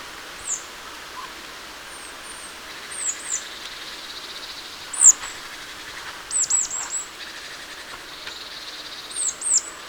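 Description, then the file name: Marsh tit giving sharp, very high slurred call notes, some doubled, scattered throughout against faint background noise. "Poecile palustris"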